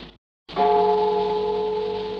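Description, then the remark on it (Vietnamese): A single deep Buddhist pagoda bell strikes after a brief silence, its rich tone of steady, layered pitches ringing on and slowly fading over a soft hiss. “Ừ, tiếng chuông chùa nhắc cho ta nhớ phiên cung chùa tháng giêng năm ngoái.”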